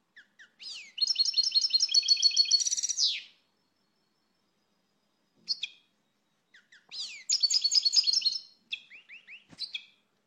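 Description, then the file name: Finch song: a rapid, liquid twittering phrase of buzzy and tinkling notes lasting about two seconds, a few short calls, then another fast twittered burst. "Canto do pintassilgo"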